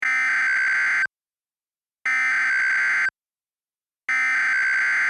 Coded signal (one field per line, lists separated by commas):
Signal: Emergency Alert System (SAME) tones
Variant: header bursts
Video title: Louisiana and Texas' Hot Temps - EAS Mock